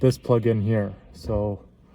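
A man talks while handling the vehicle-specific power harness plug of a Mangoal dash camera at the rain sensor socket behind the mirror. The plug has not yet been pushed into the socket, and nothing has seated or clicked yet.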